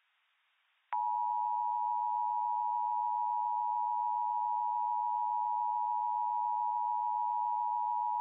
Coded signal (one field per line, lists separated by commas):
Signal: Emergency Alert System (SAME) tones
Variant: 853 and 960 Hz attention tone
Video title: EAS Scenario - Zombies Invade Show Low